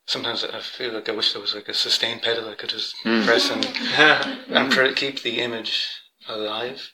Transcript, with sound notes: Sometimes I feel like I wish there was a sustain pedal I could just press [laughter] and keep the image alive.